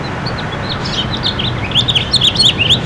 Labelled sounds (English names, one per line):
House Finch song